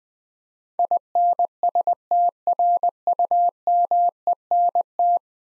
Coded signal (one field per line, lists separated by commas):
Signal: Morse code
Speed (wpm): 21 wpm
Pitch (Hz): 700 Hz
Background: none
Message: INSTRUMENT